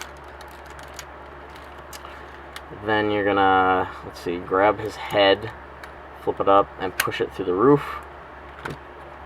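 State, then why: Seated. Someone talks while handling a Transformers Alternators Swindle robot toy, flipping the figure's head up and pushing it through the vehicle roof, with a few faint plastic ticks along the way. The head is pulled out until it locks into place in the torso/roof section with a single sharp plastic click at 8.7 s, and it is seated.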